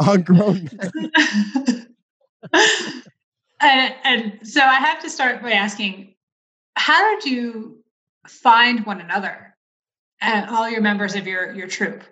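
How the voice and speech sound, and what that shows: A woman asks a question in clear, fluent conversational speech with a normal voice and ordinary pauses.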